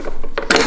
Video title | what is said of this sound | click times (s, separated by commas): How to install Roof Crossbars on 2018 Toyota C-HR XLE [ Project C-HR VLOG 26 ] | you heard that click again | 0.5 s